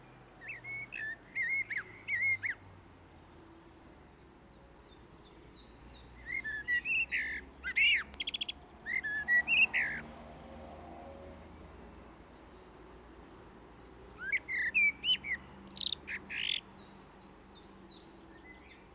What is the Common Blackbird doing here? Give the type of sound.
song